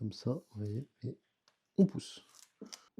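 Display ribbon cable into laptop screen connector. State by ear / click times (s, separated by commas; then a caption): seated / 2.7 s. Someone talks while lining up the display flex cable of an Asus TUF A17 (FA707NV) with its connector on the laptop screen, during a screen replacement, and pushes it in. A short, sharp click sounds at 2.7 s as the ribbon connector clips into place and seats.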